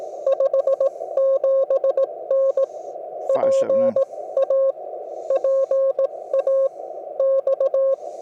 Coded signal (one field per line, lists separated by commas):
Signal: Morse code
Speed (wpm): 18 wpm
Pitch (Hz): 540 Hz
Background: radio noise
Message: 57N PA PA X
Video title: Low-Cost Ham Vertical Antenna For Home and Portable Use